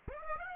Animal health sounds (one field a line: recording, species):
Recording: mosquito wingbeat signal from an infrared sensor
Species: Aedes aegypti